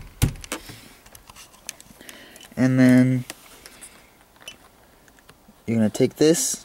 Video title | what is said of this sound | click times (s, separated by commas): How To Remove Mercedes Shift Nob | until it clicks into place you can head it down a couple times to make sure it's there | 0.2 s